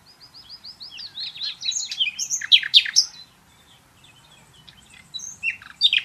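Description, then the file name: Common nightingale singing a varied phrase: repeated soft whistles build into loud, fast, slurred notes, then a pause before another bright burst. "Luscinia megarhynchos"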